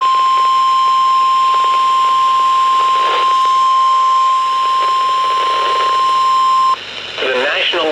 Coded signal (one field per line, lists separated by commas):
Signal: Emergency Alert System (SAME) tones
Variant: 1050 Hz attention tone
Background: speech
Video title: Severe Thunderstorm Warning 2 On KDO89 5/4/2024 (EAS #2,543)